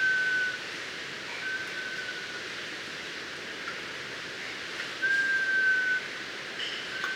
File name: Melanodryas Pulverulenta